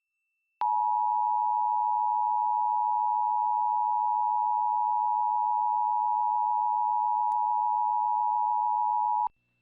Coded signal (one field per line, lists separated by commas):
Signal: Emergency Alert System (SAME) tones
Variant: 853 and 960 Hz attention tone